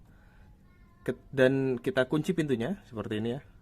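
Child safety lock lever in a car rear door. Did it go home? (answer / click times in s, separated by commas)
no / none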